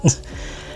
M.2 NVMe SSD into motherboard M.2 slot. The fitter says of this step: like you'll you'll hear it pop in